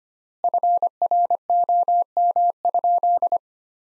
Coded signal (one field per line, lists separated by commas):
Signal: Morse code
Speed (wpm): 25 wpm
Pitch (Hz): 700 Hz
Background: none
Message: FROM?